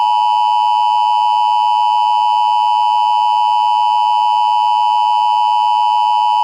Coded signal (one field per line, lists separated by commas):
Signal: Emergency Alert System (SAME) tones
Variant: 853 and 960 Hz attention tone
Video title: EAS MOCK: Civil Danger Warning (dasdec)